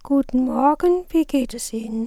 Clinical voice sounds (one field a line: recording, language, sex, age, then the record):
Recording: spoken sentence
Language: German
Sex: female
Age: 60 to 69 years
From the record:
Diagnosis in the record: recurrent laryngeal nerve paralysis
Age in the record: 61 years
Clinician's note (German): Links, ohne Kompensation